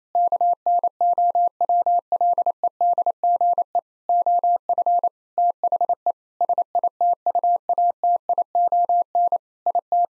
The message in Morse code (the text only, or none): KNOWLEDGE OF THE SITUATION IT